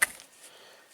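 The two halves of a plastic seat belt stop button are squeezed together with pliers over the belt webbing. A sharp, loud snap at 0.0 s is followed by a faint tick at 0.2 s and then near silence. The button halves snap into place and the stop is seated on the webbing.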